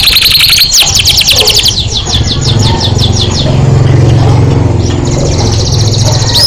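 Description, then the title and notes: Canary trilling at speed with a short sweeping note, then quieter high trills, over a constant low droning rumble. Canary song meant to stimulate other birds to sing more intensely. "PANCINGAN SUARA MASTERAN KENARI BIKIN BURUNG MAKIN MENGGILA. masteran kicau kenari"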